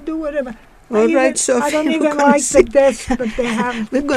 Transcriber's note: laughing